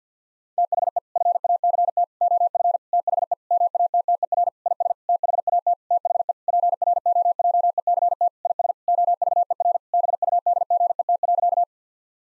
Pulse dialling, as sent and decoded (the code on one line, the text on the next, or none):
none